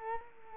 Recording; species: mosquito wingbeat signal from an infrared sensor; Culex quinquefasciatus